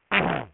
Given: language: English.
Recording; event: throat vibration sensor signal played as sound; throat clearing